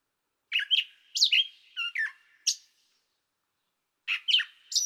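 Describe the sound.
Gray catbird song of scratchy, squeaky and whistled notes strung into quick phrases, a pause, then another jumbled phrase.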